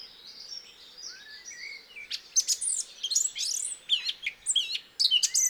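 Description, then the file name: Eurasian blackcap singing over a steady hiss: low, muted warbling at first, then sharp, sweeping whistles and quick chattering notes at irregular intervals. "Sylvia atricapilla"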